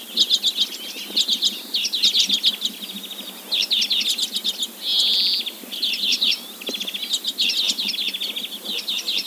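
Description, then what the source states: Arctic redpoll calling: rapid chattering rattles and clicky trills, with one drawn-out buzzy note near the middle, nearly continuous throughout. Greenland.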